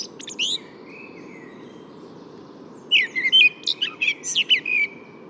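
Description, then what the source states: Common blackbird song: a brief squeaky burst, a pause, then a phrase of varied squeaky twittering notes, over low steady rumble. Third blackbird heard that morning; Bois de Vincennes, 6 April 2018.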